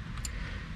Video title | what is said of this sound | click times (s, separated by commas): 2014 Dodge Ram 1500 Spark Plug Replacement | make sure that presses in clicks | 0.2 s